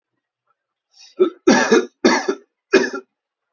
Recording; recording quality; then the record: heavy voluntary cough; excellent, no background noise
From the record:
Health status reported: healthy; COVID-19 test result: not tested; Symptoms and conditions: cold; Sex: male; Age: 38 years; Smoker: not ticked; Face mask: not worn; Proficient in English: yes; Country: India